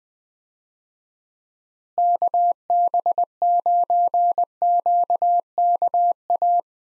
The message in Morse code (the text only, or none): KB9QKA